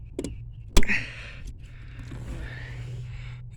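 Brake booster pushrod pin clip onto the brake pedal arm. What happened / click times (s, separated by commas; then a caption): The pin clip snapped into place / 0.8 s. A 1999 Ford Explorer brake booster pushrod pin and clip are slid onto the brake pedal arm. The clip slides down and clicks into place at 0.8 s with a sharp, loud snap, following two fainter ticks just before. The clip is seated, and the rest is a low steady hum with faint rustling.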